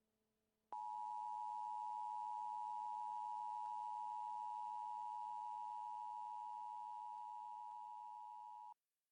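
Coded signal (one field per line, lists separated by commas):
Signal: Emergency Alert System (SAME) tones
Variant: 853 and 960 Hz attention tone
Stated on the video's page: Fake EAS alert made for a roleplaying game scenario.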